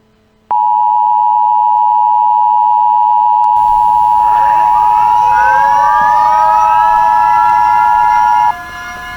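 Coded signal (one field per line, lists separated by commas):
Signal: Emergency Alert System (SAME) tones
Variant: 853 and 960 Hz attention tone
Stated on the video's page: Fictional EAS scenario; simulated alert tones.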